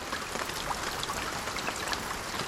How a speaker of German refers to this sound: Beim Regen Tropfen, die auf Blätter fallen oder auf ein Wellblechdach. Wasser und Dach sind die Schallquelle, der Ort, von dem aus sich die Schwingung im Raum ausbreitet. Ein natürliches Instrument.